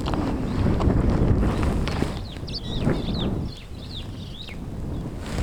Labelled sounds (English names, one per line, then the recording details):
Superb Starling flight call
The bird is a male
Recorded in Kenya on 19 July 2010
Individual 32, of group DRT2